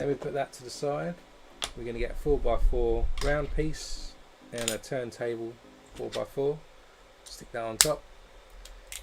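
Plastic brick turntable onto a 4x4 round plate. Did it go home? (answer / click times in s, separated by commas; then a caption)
yes / 8.7 s, 9.0 s. A plastic brick turntable is pressed onto a 4x4 round plate on top of a LEGO Transformers Optimus Prime (10302) build while someone talks. Two short clicks are heard at about 8.7 s and 9.0 s as it clicks into position and seats.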